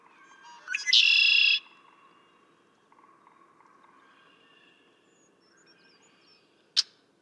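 Red-winged blackbird song: one buzzy trill early on, then near silence with faint chirps and a sharp click near the end.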